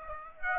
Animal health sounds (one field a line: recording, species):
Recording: mosquito wingbeat signal from an infrared sensor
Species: Aedes aegypti